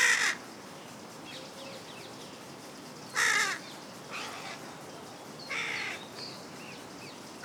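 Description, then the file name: Carrion crow calls: two loud raspy caws followed by a few softer caws. "Corvus corone"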